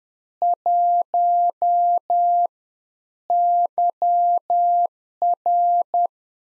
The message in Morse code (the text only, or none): 1 YR